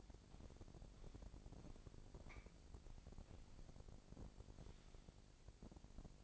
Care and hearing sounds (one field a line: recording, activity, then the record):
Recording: daily activity, microphone in the room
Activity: walk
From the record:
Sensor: 5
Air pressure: 1012.3 hPa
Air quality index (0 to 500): 159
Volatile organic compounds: 2 ppm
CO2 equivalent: 1092 ppm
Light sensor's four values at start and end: 343/829/353/394 and 343/831/354/394